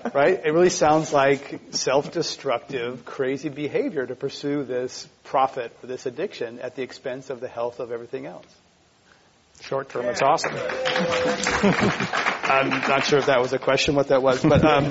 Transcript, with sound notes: It really sounds like self-destructive, crazy behavior to pursue this profit of this addiction at the expense of the health of everything else.
Short term, it's awesome.
[Laughter]
I'm not sure if that was the question what that was.